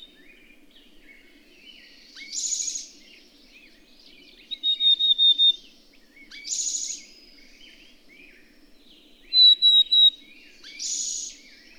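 Bird song in which rasping buzzy bursts alternate with brief runs of several high whistled notes, repeated several times.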